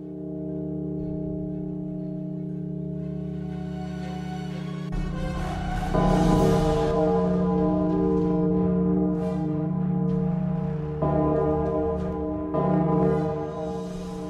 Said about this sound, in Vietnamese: Thế nhưng bất giác, họ mơ hồ nghe được tiếng chuông. Tiếng chuông chùa từ xa xăm, ở một nơi nào đó, vọng về.